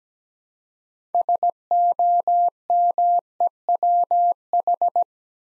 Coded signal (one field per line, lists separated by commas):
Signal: Morse code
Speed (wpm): 17 wpm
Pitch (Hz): 700 Hz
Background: none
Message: SOMEWH